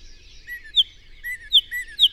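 Bird song of a few slurred lower chirps alternating with sharp high notes, over soft background twittering.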